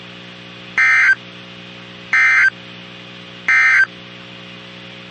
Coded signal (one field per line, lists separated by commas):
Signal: Emergency Alert System (SAME) tones